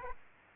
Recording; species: mosquito wingbeat signal from an infrared sensor; Aedes aegypti